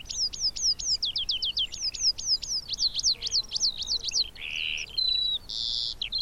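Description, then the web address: Eurasian skylark song, a quick series of sharp high chirps giving way to buzzy notes and clear whistled tones. "Deverinetal"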